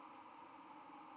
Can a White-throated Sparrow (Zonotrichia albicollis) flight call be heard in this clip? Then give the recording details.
no. Another species' flight call is heard. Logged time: 23:43 on 30 October 2014